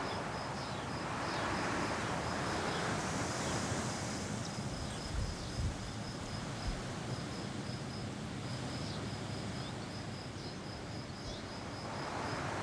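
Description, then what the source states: Cicada song as faint high pulsed bursts beneath heavy wind throughout. Single cicada hiding in the recordist's garden all week; recorded on a day of constant mistral wind blowing through a pine tree.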